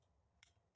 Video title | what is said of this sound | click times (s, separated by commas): (1412) (Anti) Security Zone Padlock | I bet when I push this down you'll hear a click yeah | 0.4 s